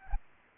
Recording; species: mosquito wingbeat signal from an infrared sensor; Aedes albopictus